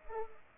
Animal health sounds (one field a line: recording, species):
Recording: mosquito wingbeat signal from an infrared sensor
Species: Culex pipiens